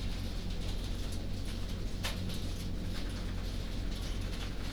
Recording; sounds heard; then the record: poultry house recording; no chicken sound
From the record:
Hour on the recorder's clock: 19